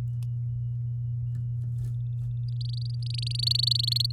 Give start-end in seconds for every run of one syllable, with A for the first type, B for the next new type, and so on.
2.61-4.11 A